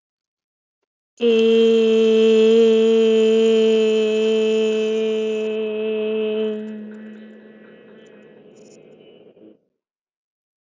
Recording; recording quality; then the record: sustained vowel as in made; excellent, no background noise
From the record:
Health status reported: healthy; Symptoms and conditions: hypertension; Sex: female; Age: 36 years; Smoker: not ticked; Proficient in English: yes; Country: India